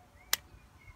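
The handle of a Crank Brothers Sterling bicycle mini pump is pushed in and locks into its stowed position in the pump body. One sharp, bright click sounds at 0.3 s against a quiet background, and the handle is seated in place.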